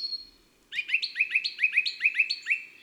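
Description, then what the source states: Song thrush song: a short phrase repeated many times in quick succession, bright and emphatic, after a brief quiet start. Powerful song full of exclamations, with varied repeated motifs.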